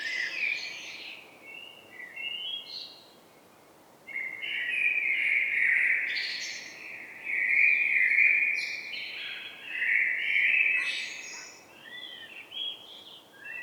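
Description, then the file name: Common blackbird song: several warbled, fluting phrases with twittering high endings, separated by short pauses, with steady faint background hiss. "Turdus merula"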